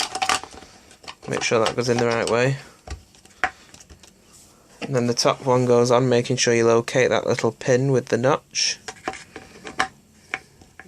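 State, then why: Seated. Someone talks while reassembling a Kirby turbo brush vacuum accessory, with light plastic handling knocks along the way. The plastic top housing is fitted back onto its base with its notch lined up on a small locating pin and pressed down. It clicks into place with a sharp click at 10.3 s, fully seated.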